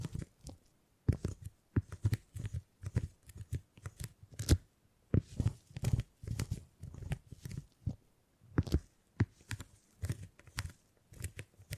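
Beeswax being handled, with irregular crackling, sticky tearing and crunching bursts every half second or so, some sharp and bright, over near silence.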